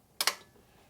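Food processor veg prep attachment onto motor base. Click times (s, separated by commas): 0.2 s, 0.3 s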